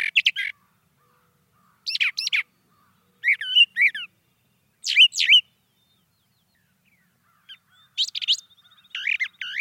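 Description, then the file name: Brown thrasher song of scratchy and whistled phrases, often repeated in pairs, with pauses between them. "suara kicauan brown thrasher. omkicau"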